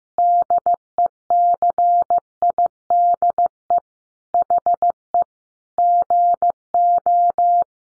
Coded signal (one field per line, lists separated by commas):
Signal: Morse code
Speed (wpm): 15 wpm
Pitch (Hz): 700 Hz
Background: none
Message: DECIDE HE GO